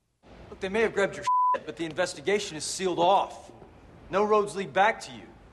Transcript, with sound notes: Look, they may have grab your (beep) but the investigation is sealed off. No roads lead back to you.